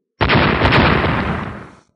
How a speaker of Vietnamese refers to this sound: 2 tiếng nổ lớn, hóa thành tảng lớn sương máu tràn ngập 4 phía.